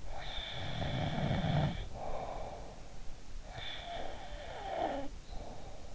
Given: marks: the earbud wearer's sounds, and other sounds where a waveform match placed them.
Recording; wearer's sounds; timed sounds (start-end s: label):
sounds in sleep by an in-ear microphone; snoring breath
0.21-2.88 s: snoring breath
3.27-5.67 s: snoring breath